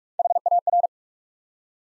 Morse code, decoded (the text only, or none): HAR